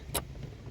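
After a failed first try, a plastic retaining clip is pushed again into an AC blower motor housing. A single sharp click at 0.2 s rises above a low, steady background hum as the clip pops into place and seats.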